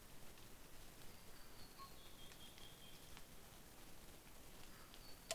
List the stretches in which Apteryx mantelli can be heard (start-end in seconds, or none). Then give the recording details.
none. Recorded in New Zealand on 21 November 2014. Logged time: 04:57. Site CL78